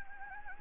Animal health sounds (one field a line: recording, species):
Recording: mosquito wingbeat signal from an infrared sensor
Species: Anopheles gambiae